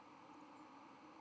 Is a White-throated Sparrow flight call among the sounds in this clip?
no